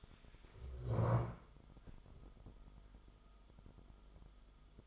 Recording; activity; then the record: daily activity, microphone in the room; stand up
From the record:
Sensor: 5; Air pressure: 1005.2 hPa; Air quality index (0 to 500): 106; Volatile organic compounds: 2 ppm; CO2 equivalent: 1299 ppm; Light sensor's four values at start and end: 34/79/32/30 and 34/79/32/30